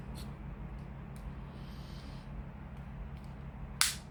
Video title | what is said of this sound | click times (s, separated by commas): Airfix Heinkel He111 P-2 1:72 Scale Part 1 | That snap. That snaps in place. | 3.8 s